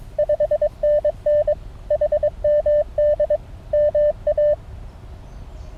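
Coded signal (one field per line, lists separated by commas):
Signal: Morse code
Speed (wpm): 21 wpm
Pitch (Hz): 600 Hz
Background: none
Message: 5NN HMD MA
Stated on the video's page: CW contest contacts in the New England QSO Party using an MTR3B QRP radio from a ridge.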